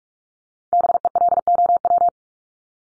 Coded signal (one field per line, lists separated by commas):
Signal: Morse code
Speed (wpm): 44 wpm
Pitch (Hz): 700 Hz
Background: none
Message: BELOW